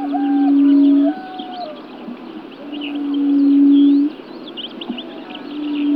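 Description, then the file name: Small buttonquail repeating long, low, swelling hoots about every three seconds, with higher whistles and chirps from other birds behind. "Perepel maly Turnix sylvatica"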